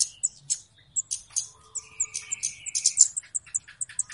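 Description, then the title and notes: Flowerpecker calls: soft, spaced high ticks and chips gradually quickening, with a faint thin buzz in the middle. Call used as a lure (pikat) for bird trapping; known locally as Kemade or Cabe Cabean; described as a clear recording. "Kicau Burung Kemade ( Cabe Cabean) Jernih. Suara Burung Cabe Cabean Pikat"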